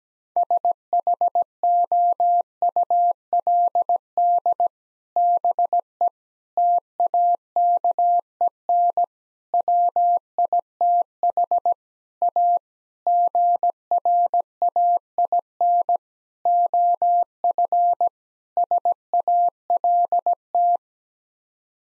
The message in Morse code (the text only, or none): SHOULD BE TAKEN WITH A GRAIN OF SALT